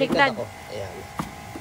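Someone talks while a Maxi-Cosi Mico 12 LX infant car seat, turned the right way round, is handled and lowered toward its ISOFIX base. A brief knock sounds at about 1.2 s. Nothing has seated or clicked yet.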